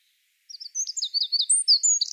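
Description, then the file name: Eurasian wren beginning its song with a series of quick, sharp, very high notes that grow louder. "Troglodytes troglodytes"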